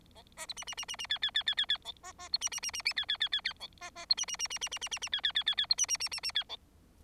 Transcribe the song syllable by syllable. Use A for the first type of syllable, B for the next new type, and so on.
A B C C C C C D D D D D D E A A B C C C C D D D D D E A A B C C C C C C C C C D D D D D B C C C C C D E